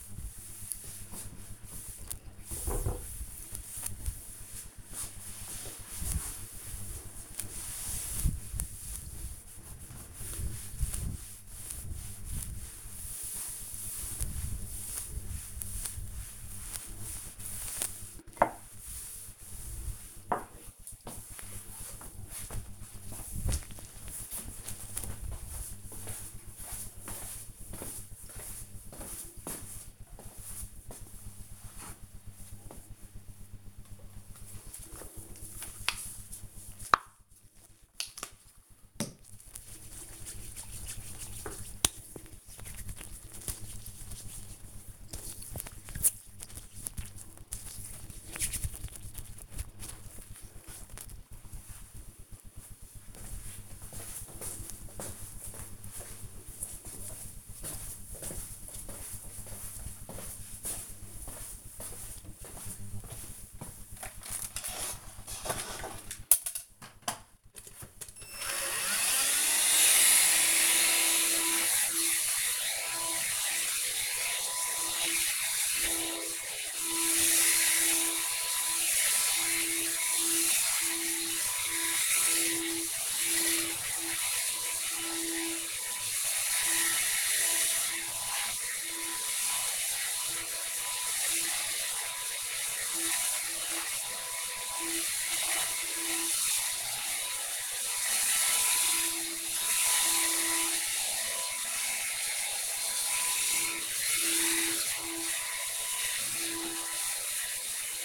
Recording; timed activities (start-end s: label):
household activities, microphone on the right wrist
0.00-20.46 s: cleaning table
33.54-49.64 s: cream hands
62.69-108.04 s: vacuum cleaning